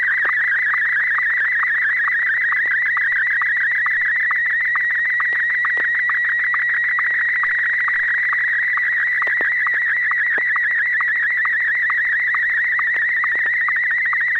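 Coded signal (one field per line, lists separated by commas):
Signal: SSTV (slow-scan television)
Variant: Martin 1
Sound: continuous warbling tone around 2 kHz with regular short low chirps about twice a second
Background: low hum, FM radio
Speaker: AI6DG. Are you ready to send an image?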